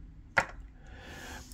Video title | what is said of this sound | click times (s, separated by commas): ZBC Studios 1/6 Cooler Supernova Statue Review | there's nothing there there's there's nothing there you almost have to kind of just guess and see it snaps back in | 0.4 s